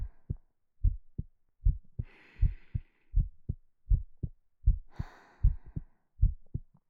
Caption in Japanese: 心臓の音。